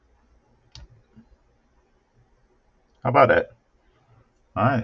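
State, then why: Seated. On the rear bulkhead/diff assembly of an HB D4 Evo3 RC car, a small retaining clip is pressed into its groove with the fingers and snaps in with a sharp click at 0.8 s, followed by a few faint ticks. Someone then talks, and the clip is seated in the groove.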